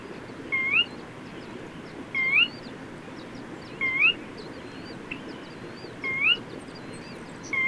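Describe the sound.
Bird giving a clear upslurred whistle every one and a half to two seconds, with faint high twitters from other birds above a constant low rumble.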